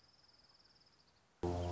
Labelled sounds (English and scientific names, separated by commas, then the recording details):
Orange-crowned Warbler (Leiothlypis celata)
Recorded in Sonoma County, California